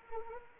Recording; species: mosquito wingbeat signal from an infrared sensor; Anopheles arabiensis